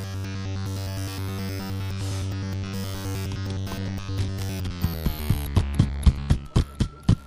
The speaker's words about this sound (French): Parce que le ventilo, si tu mets sur un micro, eh ben ça fait fou. Tout le temps, je sais.